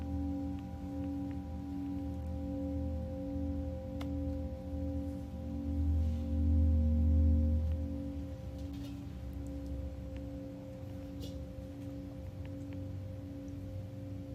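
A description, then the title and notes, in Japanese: Singing bowls hum in a long, sustained drone, their low tones layered with a few steady higher rings. The sound pulses gently in slow waves and swells a little louder around six to eight seconds. Faint small clicks and taps sit in the background. メキシコから シンギングボウルのサウンドヒーリング ライブ。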